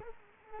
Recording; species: mosquito wingbeat signal from an infrared sensor; Culex quinquefasciatus